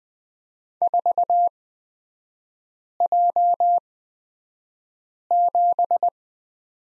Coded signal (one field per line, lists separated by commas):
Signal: Morse code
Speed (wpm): 20 wpm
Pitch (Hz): 700 Hz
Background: none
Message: 4J7